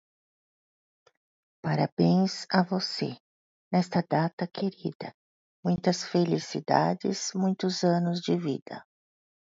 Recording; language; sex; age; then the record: short text; Brazilian Portuguese; female; 50 to 59 years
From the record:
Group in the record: control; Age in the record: 53 years